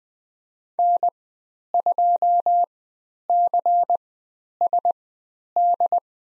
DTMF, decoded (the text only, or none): none